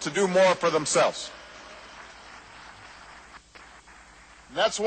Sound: applause